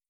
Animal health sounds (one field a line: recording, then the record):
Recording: hydrophone in a shrimp aquaculture tank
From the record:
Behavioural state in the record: feeding